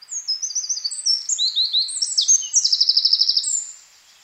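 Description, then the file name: Eurasian wren song: quick high twittering phrases building into a fast, even trill, against a quiet background. "Troglodytes troglodytes"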